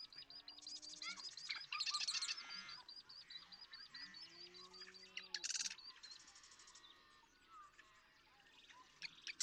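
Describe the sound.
Marsh Wren singing quick rattles and chattering bursts, with low drawn-out calls in the background.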